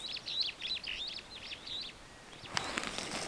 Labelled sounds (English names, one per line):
Superb Starling flight call